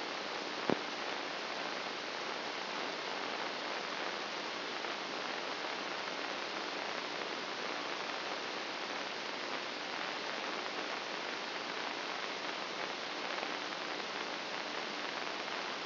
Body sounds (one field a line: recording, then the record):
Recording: brain microelectrode recording played as sound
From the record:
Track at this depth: inside the subthalamic nucleus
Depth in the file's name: 2.434 mm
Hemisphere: left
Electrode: 2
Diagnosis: Parkinson's disease